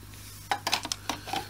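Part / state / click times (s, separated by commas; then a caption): plastic clip onto vacuum hose bend / not seated / none. A plastic clip is pushed on to hold the new hose bend on a Dyson DC04 vacuum cleaner. A series of short plastic knocks and scrapes sound between about 0.5 and 1.5 seconds over a steady low hum. The clip goes on, but nothing has clicked.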